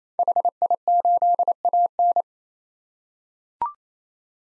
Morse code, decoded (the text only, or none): HI8AN